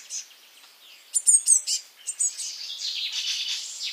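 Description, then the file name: Eurasian blue tit calls: a burst of very high thin notes, then a rasping churr that continues to the end. "Cyanistes caeruleus"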